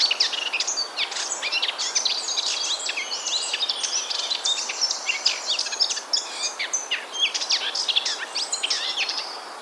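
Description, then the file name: Eurasian blackcap singing a dense, continuous chattering warble of quick high notes, busy and unbroken throughout, with slight hiss behind. "Sylvia atricapilla"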